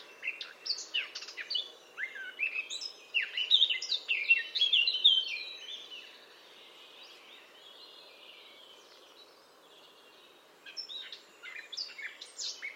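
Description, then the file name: Eurasian blackcap: songbird warbling: dense, scratchy bursts of varied notes with some whistles, a quiet stretch, then more chattering notes at the end. "Sylvia atricapilla"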